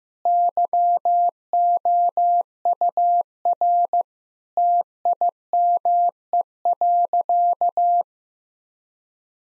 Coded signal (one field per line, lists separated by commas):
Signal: Morse code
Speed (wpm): 15 wpm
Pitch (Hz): 700 Hz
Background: none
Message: YOUR TIME.